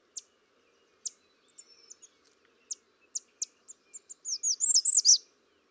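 American redstart giving scattered sharp high chip notes, then a rapid phrase of high slurred notes near the end; quiet background.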